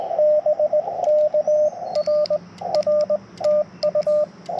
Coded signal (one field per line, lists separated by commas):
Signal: Morse code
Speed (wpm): 20 wpm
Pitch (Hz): 590 Hz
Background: radio noise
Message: BK R R TU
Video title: Yaesu FT-891 Backpack Portable POTA CW Activation - 6/28/23 @ K-3714